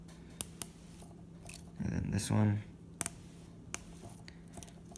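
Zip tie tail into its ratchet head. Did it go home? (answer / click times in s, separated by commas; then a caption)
yes / 0.4 s, 0.6 s. A zip tie that isn't tight enough is pulled a little more, its tail drawing into the ratchet head with two loud plastic ratchet clicks at 0.4 and 0.6 seconds as it tightens and seats. Someone talks briefly in the middle, and more sharp clicks follow around 3.0 and 3.7 seconds.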